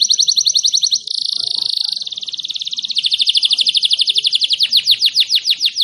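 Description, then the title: Canary song with continuous rolling trills, a steady high buzzy roll that changes tempo and shifts into slower, pulsing note series toward the end. Lively, insistent ('gacor ngotot') canary song with long rolls ('roll panjang'), said to make any canary answer at once ('langsung nyaut'). "LANGSUNG NYAUT GACOR DOR Kenari Manasaja, Dengan Kicau Kenari GACOR NGOTOT ROLL PANJANG"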